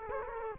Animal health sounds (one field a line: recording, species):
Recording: mosquito wingbeat signal from an infrared sensor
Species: Culex quinquefasciatus